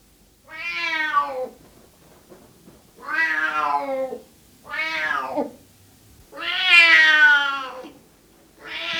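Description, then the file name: Cat meowing: four long drawn-out harmonic meows, spaced about two seconds apart, with a fifth starting at the end. Male cat (tomcat) meowing. "Miauwen van een kater - Sound Cloud - Beeld en Geluid"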